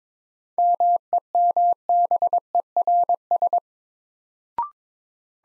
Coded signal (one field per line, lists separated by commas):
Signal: Morse code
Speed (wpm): 22 wpm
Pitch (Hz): 700 Hz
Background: none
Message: MEMBERS